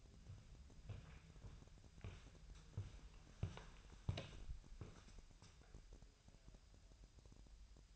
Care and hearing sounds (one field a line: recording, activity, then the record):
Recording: daily activity, microphone in the room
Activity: walk to room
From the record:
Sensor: 2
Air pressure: 1001.8 hPa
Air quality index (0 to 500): 248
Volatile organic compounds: 36 ppm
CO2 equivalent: 3079 ppm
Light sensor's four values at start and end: 5/13/5/5 and 5/12/5/5